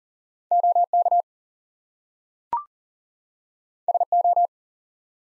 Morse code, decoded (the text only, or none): OK SO